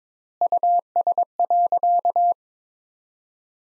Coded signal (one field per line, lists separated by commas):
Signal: Morse code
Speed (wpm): 21 wpm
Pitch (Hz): 700 Hz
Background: none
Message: US.